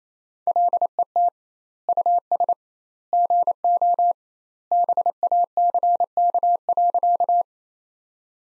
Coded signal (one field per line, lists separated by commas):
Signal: Morse code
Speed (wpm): 28 wpm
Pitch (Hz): 700 Hz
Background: none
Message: LET US GO BACK.